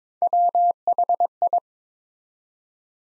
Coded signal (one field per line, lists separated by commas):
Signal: Morse code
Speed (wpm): 22 wpm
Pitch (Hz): 700 Hz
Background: none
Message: WHI